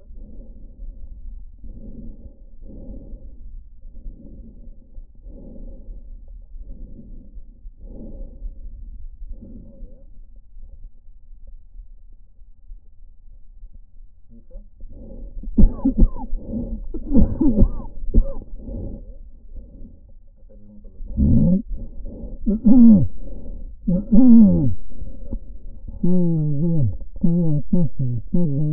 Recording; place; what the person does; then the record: lung sounds by stethoscope; right anterior apical chest; quiet breathing, then cough and speech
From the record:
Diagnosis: COPD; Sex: male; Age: 75 years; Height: 182 cm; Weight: 98 kg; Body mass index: 29.6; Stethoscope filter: diaphragm mode